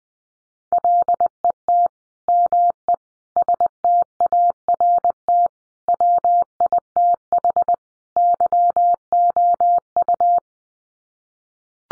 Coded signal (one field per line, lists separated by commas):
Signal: Morse code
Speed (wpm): 20 wpm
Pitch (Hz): 700 Hz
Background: none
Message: LET ME START WITH YOU